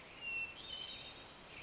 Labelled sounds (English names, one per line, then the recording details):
Western Tanager
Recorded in Sonoma County, California